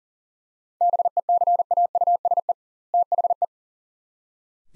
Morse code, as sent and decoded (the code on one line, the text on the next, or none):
-... . -.-. .- ..- ... . / - .... .
BECAUSE THE